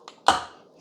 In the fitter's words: popped it's nice and flush all the way around now i'm going to close the handle